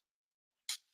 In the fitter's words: okay and then that's how you release it click it